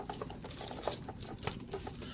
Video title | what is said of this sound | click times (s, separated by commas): Captain Marvel KREE SENTRY BAF! | you heard a pop there and now we have him all together very excited | 1.5 s